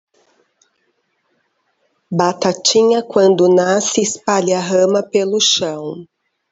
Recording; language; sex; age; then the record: short text; Brazilian Portuguese; female; 50 to 59 years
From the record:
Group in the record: control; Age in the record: 50 years